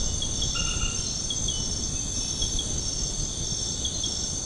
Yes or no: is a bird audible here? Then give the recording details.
no. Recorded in secondary vegetation near Puerto Asís, Putumayo, Colombia, on 20 February 2024 at 02:00. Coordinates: 0.472, -76.331. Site G6371